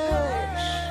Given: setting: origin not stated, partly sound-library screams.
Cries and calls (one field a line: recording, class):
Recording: one-second piece from a danger detection set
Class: normal situation